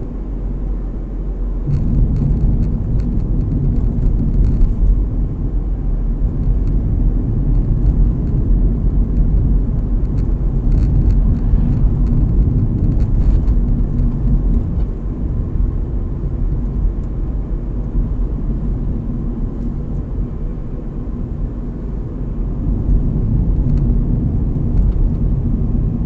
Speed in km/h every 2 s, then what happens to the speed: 46, 44, 43, 46, 48, 48, 49, 49, 50, 49, 48, 47, 47.
0-26 steady at about 48.